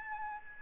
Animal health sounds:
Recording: mosquito wingbeat signal from an infrared sensor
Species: Aedes albopictus

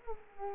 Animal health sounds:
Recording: mosquito wingbeat signal from an infrared sensor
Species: Culex quinquefasciatus

